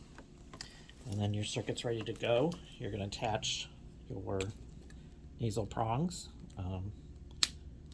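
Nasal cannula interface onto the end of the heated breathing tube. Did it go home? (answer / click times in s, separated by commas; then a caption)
yes / 7.4 s. Someone talks while a nasal cannula with nasal prongs is attached to the end of the heated breathing tube of an Airvo 2 setup. The plastic connector gives a loud, sharp snap at 7.4 s, and the interface is seated.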